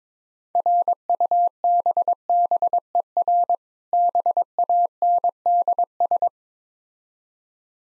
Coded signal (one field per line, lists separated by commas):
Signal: Morse code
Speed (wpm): 22 wpm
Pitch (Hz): 700 Hz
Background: none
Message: RUBBER BANDS